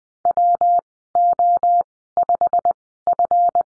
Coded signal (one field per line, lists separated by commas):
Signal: Morse code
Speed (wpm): 20 wpm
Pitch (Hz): 700 Hz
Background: none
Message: WO5F